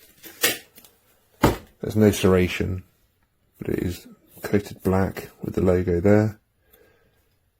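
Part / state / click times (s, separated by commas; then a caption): knife blade in multitool handle lock / seated / 6.7 s. Someone talks while the black-coated, partly serrated knife blade of a GIRIAITUS 17-in-1 folding multitool, about 8.5 cm long with a logo on it, is opened fully. A small, quiet click at 6.7 s, just after the talking stops, is the blade's lock engaging, and the blade locks into place.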